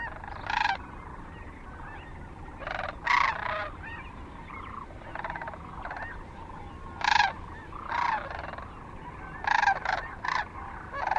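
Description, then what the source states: Sandhill cranes give loud, separate rolling bugles, short rattling bursts over a softer chorus of calls. Kearney, Nebraska, 9 March 2004.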